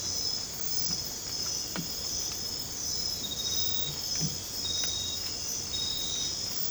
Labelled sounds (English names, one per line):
none